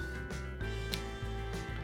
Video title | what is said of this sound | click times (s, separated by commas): MY NEW SCENT TRAILS ARE AWESOME | the top snaps into place nicely | 0.9 s